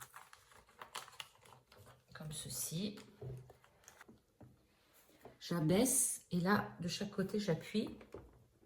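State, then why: Not seated. Someone talks while handling a countertop vacuum sealer, lowering its plastic lid over a bag and getting ready to press it down on each side so the latches close onto the base. Light clicks and taps of handling are heard between the speech, some sharp and brief. Nothing has latched or clicked shut yet.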